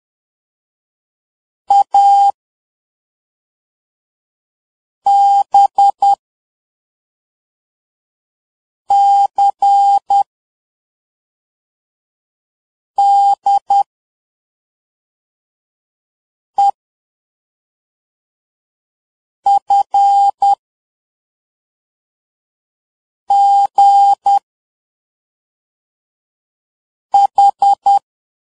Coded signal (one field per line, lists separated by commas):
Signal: Morse code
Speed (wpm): 10 wpm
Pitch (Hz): 800 Hz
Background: none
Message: A B C D E F G H